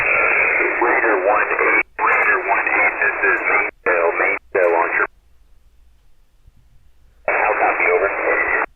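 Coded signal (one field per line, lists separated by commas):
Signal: coded military voice message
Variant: Emergency Action Message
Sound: narrow-band single-sideband radio voice in several bursts, separated by short silences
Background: radio static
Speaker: Um, so I do have the emergency action messages up right now. We're listening to them. If anything happens, you'll be able to hear him.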